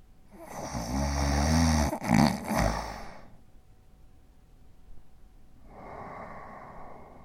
Snoring Male Snore.